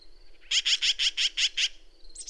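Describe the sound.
Bird song: a thin high note, then a quick run of about eight loud, buzzy, evenly spaced notes, with another brief burst of notes at the very end.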